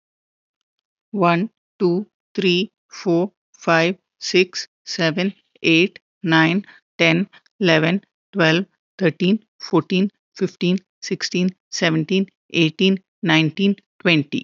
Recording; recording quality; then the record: counting at a normal pace; excellent, no background noise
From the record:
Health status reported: healthy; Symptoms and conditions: none ticked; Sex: female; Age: 38 years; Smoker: not ticked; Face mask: not worn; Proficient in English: yes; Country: India